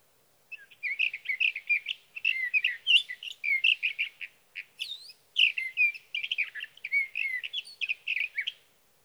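Sage thrasher singing a sustained, jumbled warble of quick varied notes and slurs, continuing for over eight seconds with only brief gaps.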